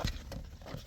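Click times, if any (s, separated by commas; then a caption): none. A new power seat switch for a 2006-2010 Jeep Commander is handled against its plastic mount on the seat side trim before being pressed down into the tabs all the way around. Two brief, sharp handling sounds come at about 0.1 and 0.3 seconds over low background noise. Nothing has seated or clicked yet.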